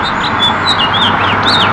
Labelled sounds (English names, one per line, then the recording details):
House Finch song
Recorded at Glen Cove on Long Island, New York, on 14 June 2013
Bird A